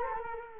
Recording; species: mosquito wingbeat signal from an infrared sensor; Culex quinquefasciatus